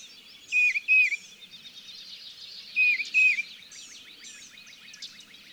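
Tufted titmouse singing two loud whistled phrases, each a clear pair of downslurred notes, with other birds chirping in the background.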